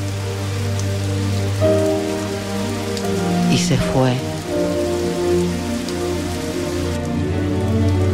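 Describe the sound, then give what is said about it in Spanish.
Steady rain patters on a surface in a dense, even hiss that never lets up, layered over sustained low tones, while a voice briefly speaks a short phrase partway through. “Se puso el sombrero, se puso la capa. La capa de lluvia porque llovía.”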